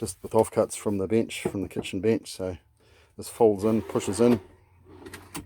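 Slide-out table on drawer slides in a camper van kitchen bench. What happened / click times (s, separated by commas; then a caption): Handled, not yet home: slide-out table pushed in but not yet locked / none. Someone talks while folding and pushing in a home-made slide-out table built from kitchen benchtop offcuts, mounted on Bunnings heavy-duty drawer slides in a camper van kitchen bench. A couple of faint knocks come near the end, at about 5.1 s and 5.4 s, but the table has not locked in place yet.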